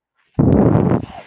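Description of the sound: A single low, rumbling push of air lasting about half a second, the breath cycle of a person's own home mechanical ventilator.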